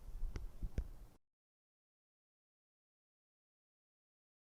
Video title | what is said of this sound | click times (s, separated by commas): Anesthesia breathing system troubleshooting | a positive click and the lever moving when it's fully engaged | 0.4 s, 0.8 s